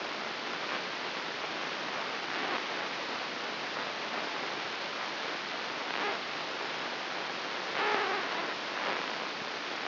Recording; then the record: brain microelectrode recording played as sound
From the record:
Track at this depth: inside the subthalamic nucleus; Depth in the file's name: 4.32 mm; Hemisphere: left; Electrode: 3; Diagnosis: Parkinson's disease